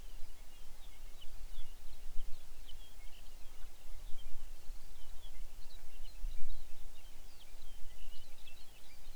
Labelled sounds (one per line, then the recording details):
songbird
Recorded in the Arctic National Wildlife Refuge, Alaska, on 23 May 2019 at 05:41
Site 49